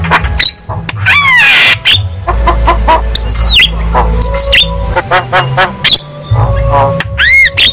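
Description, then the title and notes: Javan myna song mixing loud falling and rising whistles with harsh chattering notes and clicks, over a continuous low droning hum. Song recording used as a lure (pancingan) to prompt mute birds to sing; described as jalak kebo chirping (kicau). "Pancingan Jalak Kebo Bisu. Kicau Jalak Kebo"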